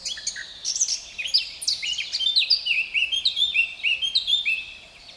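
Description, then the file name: Eurasian blackcap song: a rapid scratchy, chattering warble that breaks into a run of loud, clear fluted whistles, each note slurring downward, in quick succession. "Sylvia atricapilla"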